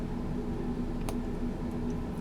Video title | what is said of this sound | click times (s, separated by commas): Marvel Legends War Machine and Punisher Motorcycle Action Figure Toy Unboxing New Figures at Target | and this just pops right in | 1.1 s